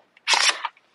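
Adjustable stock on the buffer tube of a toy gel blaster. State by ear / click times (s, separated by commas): seated / 0.6 s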